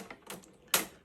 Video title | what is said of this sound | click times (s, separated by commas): Brake line flaring Easy | go on there a little click because it's springing and then retch it | 0.7 s